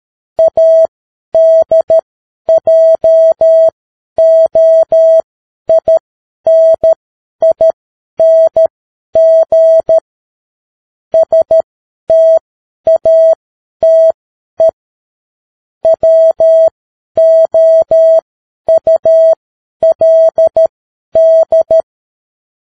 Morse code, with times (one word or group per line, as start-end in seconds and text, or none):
0.4-10.0 ADJOINING
11.1-14.7 STATE
15.8-21.8 WOULD